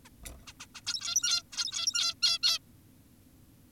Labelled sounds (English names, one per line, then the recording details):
Zebra Finch
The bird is an adult
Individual g17y2U